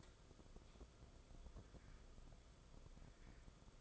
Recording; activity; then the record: daily activity, microphone in the room; light on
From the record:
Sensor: 5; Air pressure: 994.5 hPa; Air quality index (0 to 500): 191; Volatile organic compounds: 1000 ppm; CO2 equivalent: 5610 ppm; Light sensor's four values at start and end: 23/57/23/27 and 24/61/25/29